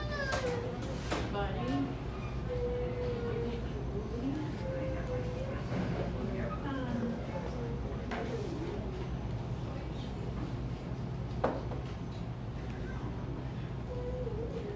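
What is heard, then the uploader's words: A buzzing coffee shop with many overlapping voices talking at once, forming a dense, steady murmur with a low hum underneath. Occasional sharper clinks and clatters cut through, including a brief crack near eleven seconds, while higher voices rise and fall throughout. A buzzing coffee shop.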